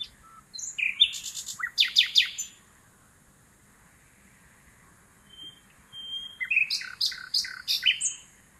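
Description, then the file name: Common nightingale: two bursts of varied, sharp chattering notes and short whistles from a songbird, separated by a few quiet seconds with a soft high note. "Luscinia megarhynchos"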